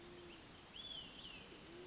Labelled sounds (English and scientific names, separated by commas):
Olive-sided Flycatcher (Contopus cooperi)